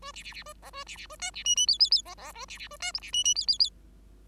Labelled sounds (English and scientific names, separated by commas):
Bengalese Finch (Lonchura striata domestica) song